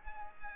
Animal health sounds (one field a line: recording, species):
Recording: mosquito wingbeat signal from an infrared sensor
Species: Aedes aegypti